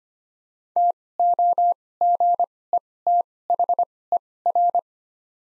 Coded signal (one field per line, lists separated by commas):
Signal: Morse code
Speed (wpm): 25 wpm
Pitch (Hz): 700 Hz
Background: none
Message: TOGETHER